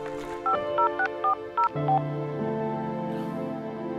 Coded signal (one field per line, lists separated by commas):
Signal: DTMF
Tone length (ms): 110 ms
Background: music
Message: 50640